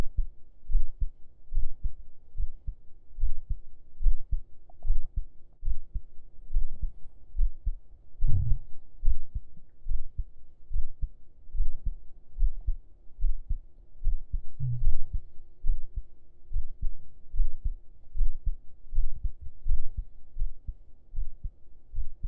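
Steady low, muffled thumps at about 72 beats a minute, heard with an ear pressed against an adult's chest under the shirt. Two louder rustles of fabric or movement. The rhythm is a regular heartbeat at a normal resting rate.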